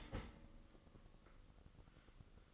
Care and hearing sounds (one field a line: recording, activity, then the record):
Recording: daily activity, microphone in the room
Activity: start toaster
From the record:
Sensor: 4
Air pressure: 1008.1 hPa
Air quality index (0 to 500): 106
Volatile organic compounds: 1 ppm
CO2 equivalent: 782 ppm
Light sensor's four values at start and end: 9/20/8/8 and 10/21/9/9